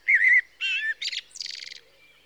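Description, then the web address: Common blackbird song phrase: a clear fluted warble followed by a rapid scratchy high-pitched twitter trailing off. "BBC Sound Effects Library. Blackbird (Turdus Merula)"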